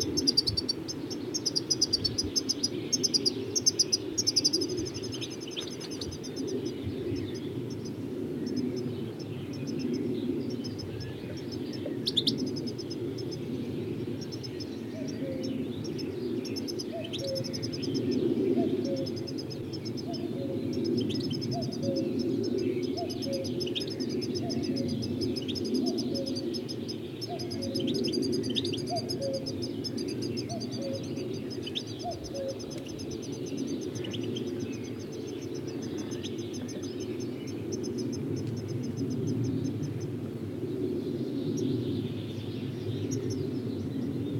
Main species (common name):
European Goldfinch